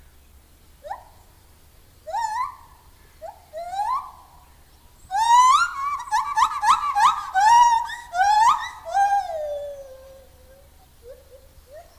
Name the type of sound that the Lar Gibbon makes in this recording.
call